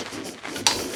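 A tube for a portable pull-up bar is pushed into its base socket until the spring clips lock. A sharp click is heard at 0.7 s as the tube seats, over a quiet, slightly noisy background, and the tube is locked in place.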